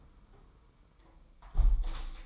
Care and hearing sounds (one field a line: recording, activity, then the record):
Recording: daily activity, microphone in the room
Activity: close window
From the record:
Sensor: 1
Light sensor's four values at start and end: 11/26/10/11 and 10/25/10/11